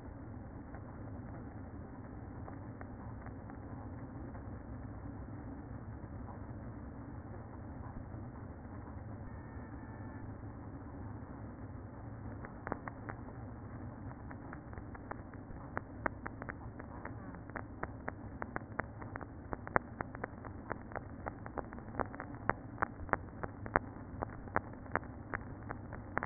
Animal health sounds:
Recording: honeybee colony, microphone inside the hive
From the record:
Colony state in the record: queen present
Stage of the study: after two queens were removed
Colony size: about 60,000 bees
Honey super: yes

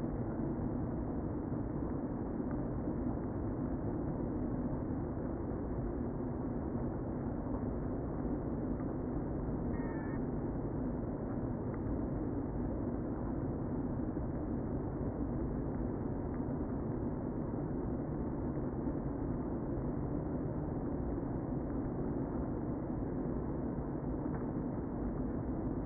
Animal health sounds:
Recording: honeybee colony, microphone inside the hive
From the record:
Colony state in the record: queen present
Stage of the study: before two queens were removed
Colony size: about 60,000 bees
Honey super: yes

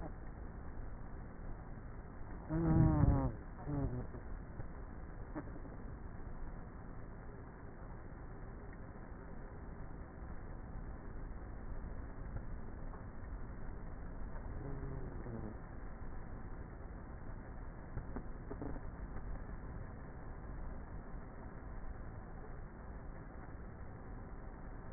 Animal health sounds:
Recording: honeybee colony, microphone inside the hive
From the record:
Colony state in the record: queenless with a low population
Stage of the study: before two queens were removed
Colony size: about 30,000 bees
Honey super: no

